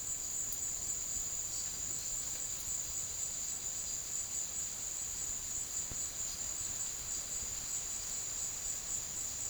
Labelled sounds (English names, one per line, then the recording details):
none
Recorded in secondary vegetation near Puerto Asís, Putumayo, Colombia, on 24 March 2025 at 15:30
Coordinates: 0.489, -76.322
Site G042